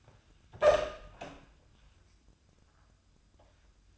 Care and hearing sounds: daily activity, microphone in the room; open door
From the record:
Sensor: 2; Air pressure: 1004.7 hPa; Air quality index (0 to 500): 74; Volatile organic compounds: 1 ppm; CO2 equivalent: 880 ppm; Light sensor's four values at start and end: 7/16/6/7 and 7/16/6/7

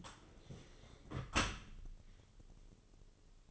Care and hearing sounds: daily activity, microphone in the room; close dishwasher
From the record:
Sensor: 4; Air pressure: 996.6 hPa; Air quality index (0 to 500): 86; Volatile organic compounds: 4 ppm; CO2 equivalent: 1668 ppm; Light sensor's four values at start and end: 19/52/20/22 and 20/54/21/23

